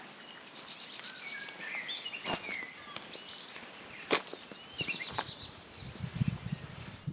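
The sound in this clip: White-crowned Penduline Tit giving five sharp, high descending call notes, over a hissy background with scattered clicks and a low rumble near the end.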